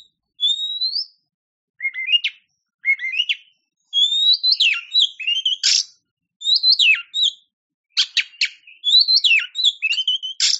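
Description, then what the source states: Oriental magpie-robin in full song: a long whistled note, then short rising slurs, twisting whistles and harsh chattering notes in quick irregular bursts. Champion songbird.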